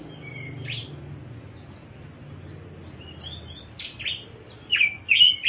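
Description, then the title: Bird uttering scattered sharp, steeply falling whistles and brief chirps, growing louder and busier toward the end. Masteran song style. "LuckyBurung MasteranBest"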